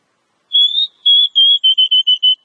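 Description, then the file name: Oriental magpie-robin whistling: a slightly rising note, then a run of clear, even whistles on one pitch, becoming shorter and quicker. Lure recording ('pikat') of Oriental magpie-robin song, locally called kacer. "suara kacer pikat"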